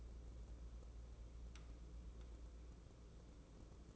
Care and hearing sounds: daily activity, microphone in the room; take from stove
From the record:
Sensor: 1

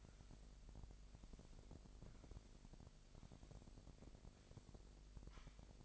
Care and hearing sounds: daily activity, microphone in the room; sweep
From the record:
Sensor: 5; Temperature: 25.1 degrees Celsius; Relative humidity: 39.7%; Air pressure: 1001.7 hPa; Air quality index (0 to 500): 181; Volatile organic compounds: 12 ppm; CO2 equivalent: 2326 ppm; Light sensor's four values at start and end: 29/97/36/38 and 29/97/36/38

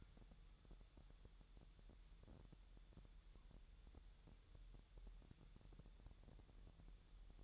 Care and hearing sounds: daily activity, microphone in the room; wipe stove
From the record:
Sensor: 3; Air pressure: 1001.0 hPa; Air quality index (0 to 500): 249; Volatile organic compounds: 180 ppm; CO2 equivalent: 4145 ppm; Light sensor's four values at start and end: 13/31/13/13 and 13/31/13/13

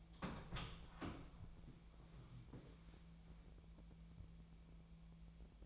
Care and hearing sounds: daily activity, microphone in the room; open door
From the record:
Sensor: 1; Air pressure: 1000.4 hPa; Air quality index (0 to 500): 181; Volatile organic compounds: 4 ppm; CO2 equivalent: 1674 ppm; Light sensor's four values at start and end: 12/29/12/14 and 12/29/12/14

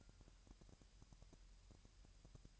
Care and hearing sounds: daily activity, microphone in the room; take from stove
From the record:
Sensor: 2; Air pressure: 1001.9 hPa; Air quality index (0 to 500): 248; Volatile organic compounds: 37 ppm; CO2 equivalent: 3089 ppm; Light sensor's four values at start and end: 5/11/5/5 and 5/11/5/5

